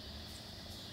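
A tab-ended wire terminal is pushed gently into a plastic connector housing for the bus bar harness of a RZR Pro XP temperature gauge. Only a steady, broadband hum with low rumble is heard, with no sharp transients and no speech. The terminal has not clicked or seated yet.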